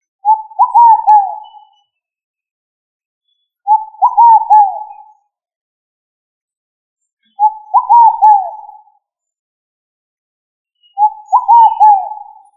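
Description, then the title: Pigeon cooing: a wavering phrase of several notes, repeated four times about every three and a half seconds, with silence between. Family Columbidae. "Familia Columbidae Pomba"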